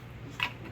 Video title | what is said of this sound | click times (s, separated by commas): YEAH BABY! UNBOXING OF THE ARROWS RC MIG-29 BY FAT GUY FLIES RC | And they just slide and lock in place and are held back with a force, and they're click right in. | 0.4 s